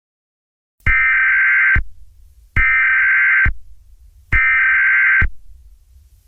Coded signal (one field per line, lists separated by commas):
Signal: Emergency Alert System (SAME) tones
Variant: header bursts